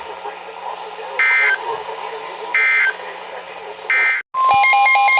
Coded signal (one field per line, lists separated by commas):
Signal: Emergency Alert System (SAME) tones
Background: speech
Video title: Severe Thunderstorms, 2 DUST STORMS (RARE...) And 2 Flash Flood Warnings (EAS 146-153) 5/7/23